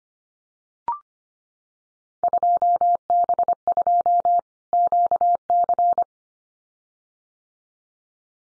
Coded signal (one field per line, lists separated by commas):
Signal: Morse code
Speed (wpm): 25 wpm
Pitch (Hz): 700 Hz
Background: none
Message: 2B2 QC